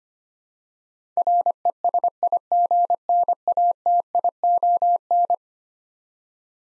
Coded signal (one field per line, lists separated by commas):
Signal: Morse code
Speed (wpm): 25 wpm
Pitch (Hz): 700 Hz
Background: none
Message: RESIGNATION